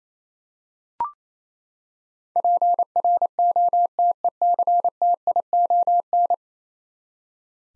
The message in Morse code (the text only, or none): PROTECTION